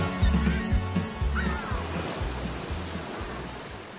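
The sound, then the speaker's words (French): Sea waves wash in a steady, broad hiss that fades slightly toward the end, with a regular low thudding rhythm underneath and a few faint cries above. “Bah rien. Je regarde la mer.”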